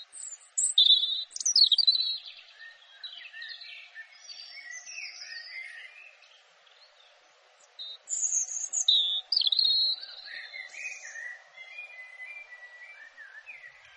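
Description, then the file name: European robin delivering varied high warbling phrases: sharp sparkling notes and trills mixed with thin descending whistles, pausing briefly before another loud phrase; faint low hum behind. "canto do pisco de peito ruivo"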